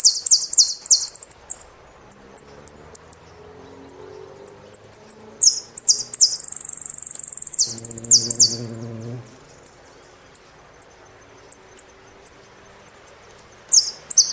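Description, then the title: Saffron finch song: bursts of sharp high chips and a long buzzy trill, with scattered single chips between phrases and a brief low droning sound midway. "Jilguero Argentino"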